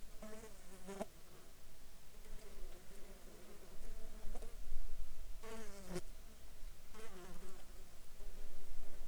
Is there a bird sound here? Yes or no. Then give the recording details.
no. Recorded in Ivvavik National Park, Yukon, on 7 July 2019 at 12:53. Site SINP03